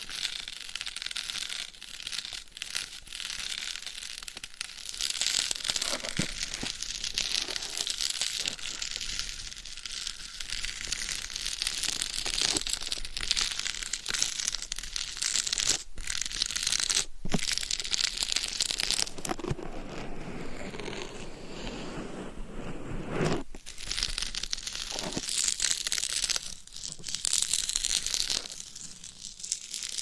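Gloved fingers and nails scratch at a binaural mic in a dense, continuous rasp that crackles and crinkles like crumpled material. The sound stays bright and busy throughout, broken by brief silent gaps near 16, 17, 23 and 27 seconds, with a fuller, heavier rubbing from about 19 to 23 seconds.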